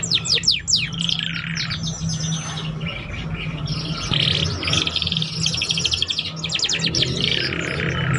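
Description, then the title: Belgian canary song: rapid rolling trills and buzzy bursts interspersed with quick chirps, singing continuously over a low background hum. Belgian canary song played to warm up young canaries and prompt them to sing quickly and chatter. "Canto Para Esquentar Canário Belga. SUARA KENARI PAUD CUIT CUIT BELAJAR BUNYI - pancingan kenari paud muda agar cepat bunyi dan ngeriwik"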